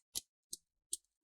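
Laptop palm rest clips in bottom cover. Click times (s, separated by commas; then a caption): 0.2 s, 0.5 s, 0.9 s. An opening tool is wiggled between the plastic palm rest and the bottom cover of an HP Pavilion dv9700 laptop, releasing the palm rest's plastic retaining clips. Three sharp, tiny clicks pop at 0.2, 0.5 and 0.9 s as the clips let go, and the palm rest clips are released.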